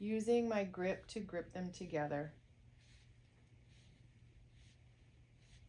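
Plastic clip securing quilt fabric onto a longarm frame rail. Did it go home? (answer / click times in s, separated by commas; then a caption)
no / none. Someone talks for about two seconds while squeezing a plastic Red Snappers snap-on clip by grip onto a longarm quilting frame rail to secure the quilt fabric, without pushing down on the rail. After the talking, only a low steady hum and a few faint soft rustles remain. Nothing has seated or clicked yet.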